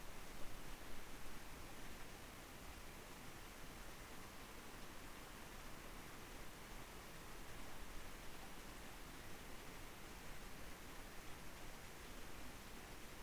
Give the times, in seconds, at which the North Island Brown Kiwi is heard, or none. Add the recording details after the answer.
none. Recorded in New Zealand on 2 November 2013. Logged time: 20:59. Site CV71